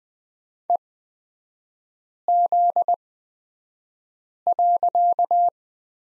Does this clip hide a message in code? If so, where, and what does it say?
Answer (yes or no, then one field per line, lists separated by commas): yes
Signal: Morse code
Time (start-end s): 0.7-5.5 s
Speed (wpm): 20 wpm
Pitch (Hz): 700 Hz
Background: none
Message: EZ.